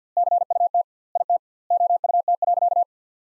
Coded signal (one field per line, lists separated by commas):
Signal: Morse code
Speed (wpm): 50 wpm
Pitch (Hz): 700 Hz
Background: none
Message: CUT IT OUT.